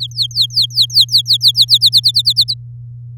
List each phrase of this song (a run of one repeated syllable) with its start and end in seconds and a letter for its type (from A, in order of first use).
0.00-1.78 A, 1.81-2.54 B